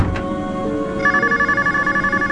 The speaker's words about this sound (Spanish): El sueño profundo de esta mujer se ve alterado por el teléfono que suena a medianoche.